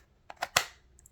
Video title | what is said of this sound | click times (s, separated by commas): $50 Budget BANGER EDC Fixed Blade! Kansept Korvid S is an absolute WIN! #fyp | nice uh positive retention with a click you can hear | 0.6 s